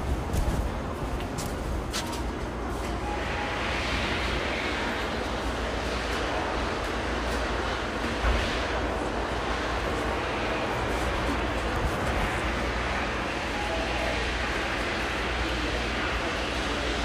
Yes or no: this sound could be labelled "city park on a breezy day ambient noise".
no